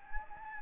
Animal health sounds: mosquito wingbeat signal from an infrared sensor; Anopheles gambiae

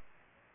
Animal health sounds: mosquito wingbeat signal from an infrared sensor; Culex pipiens

